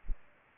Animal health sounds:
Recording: mosquito wingbeat signal from an infrared sensor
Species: Aedes aegypti

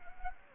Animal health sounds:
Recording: mosquito wingbeat signal from an infrared sensor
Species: Anopheles gambiae

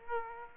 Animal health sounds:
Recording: mosquito wingbeat signal from an infrared sensor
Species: Aedes aegypti

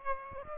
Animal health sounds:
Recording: mosquito wingbeat signal from an infrared sensor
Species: Aedes aegypti

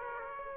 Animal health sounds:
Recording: mosquito wingbeat signal from an infrared sensor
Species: Aedes aegypti

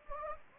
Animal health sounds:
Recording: mosquito wingbeat signal from an infrared sensor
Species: Anopheles gambiae

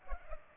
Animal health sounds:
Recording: mosquito wingbeat signal from an infrared sensor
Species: Culex pipiens

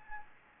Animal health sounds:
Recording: mosquito wingbeat signal from an infrared sensor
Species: Anopheles gambiae

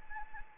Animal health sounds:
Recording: mosquito wingbeat signal from an infrared sensor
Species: Anopheles arabiensis

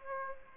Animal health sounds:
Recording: mosquito wingbeat signal from an infrared sensor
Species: Aedes aegypti

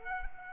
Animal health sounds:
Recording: mosquito wingbeat signal from an infrared sensor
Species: Culex quinquefasciatus

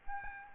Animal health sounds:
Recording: mosquito wingbeat signal from an infrared sensor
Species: Aedes albopictus

